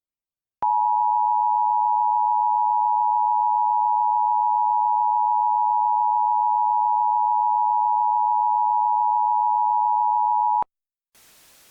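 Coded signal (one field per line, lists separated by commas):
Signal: Emergency Alert System (SAME) tones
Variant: 853 and 960 Hz attention tone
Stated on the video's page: Fictional Shark Week EAS scenario.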